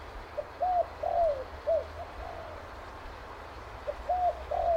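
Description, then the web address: Spotted dove giving soft coo phrases: a short lead note, a longer slurred coo, then a clipped ending note, repeated twice over a low background rumble. "Sound Effects-Foundation 1 BIRD SPOTTED TURTLE DOVE CALL"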